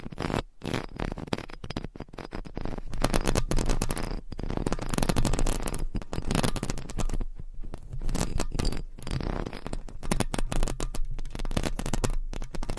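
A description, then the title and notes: Dense scratching of nails over a microphone cover, steady rasping strokes with brief gaps near one, four, six and nine seconds. ASMR Mic Scratching Brain Scratching with 50 DIFFERENT MICS Covers & Nails No Talking.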